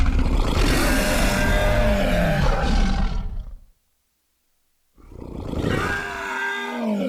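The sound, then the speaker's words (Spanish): A deep, rumbling fictional video game creature roar blended from layered growls of a human actor, a bear and a tiger, loud and sustained for several seconds, then a brief silence before a second guttural roar begins. “También tenemos los sonidos de animales y criaturas que podrían ser reales, ficticios, ¿no? Que normalmente están basados en sonidos de animales existentes, ¿no?”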